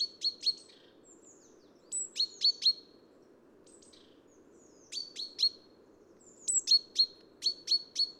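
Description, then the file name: Great Tit calls: clipped high notes in rapid groups of three or four, with short pauses between groups. Recorded at Neudarss on 3 February 2013. "130203 gtit-SOC-EC-1 1010 h neudarss"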